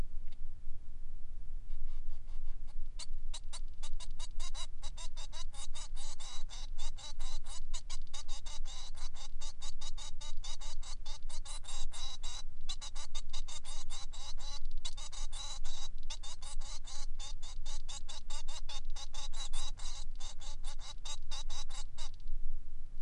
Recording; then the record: song of a male Bengalese finch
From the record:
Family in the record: son of father 3